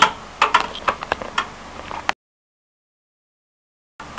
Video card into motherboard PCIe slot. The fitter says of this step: carefully press the card back in until you hear a click which I just did hear the click